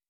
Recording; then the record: hydrophone in a shrimp aquaculture tank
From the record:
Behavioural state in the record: weakened